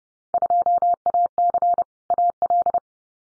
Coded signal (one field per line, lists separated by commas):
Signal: Morse code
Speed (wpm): 30 wpm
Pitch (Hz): 700 Hz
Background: none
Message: 2AC AL